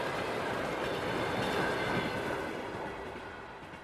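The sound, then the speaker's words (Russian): A train bound for Vienna rolls along the rails in a dense, steady roar of rumbling and rattling that stays loud throughout and eases off slightly toward the end, with no voices. “Дезориентированно оглядываюсь и не сразу осознаю, что я в поезде.”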